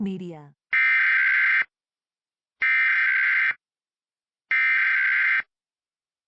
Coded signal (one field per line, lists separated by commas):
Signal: Emergency Alert System (SAME) tones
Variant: header bursts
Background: speech